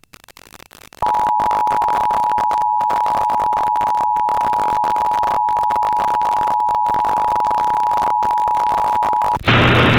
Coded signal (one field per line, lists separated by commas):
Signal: Emergency Alert System (SAME) tones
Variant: 853 and 960 Hz attention tone